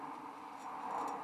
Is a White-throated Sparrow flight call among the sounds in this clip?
no